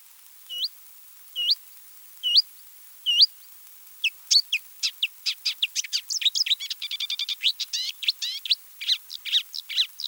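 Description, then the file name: Marsh Warbler song, opening with four spaced hooked whistles, then quickening into a dense run of varied chirps and a rapid rattling trill. Recorded 7 July 1984 in a marsh in France. "Rousserolle verderolle 1000 25 marais-Frane"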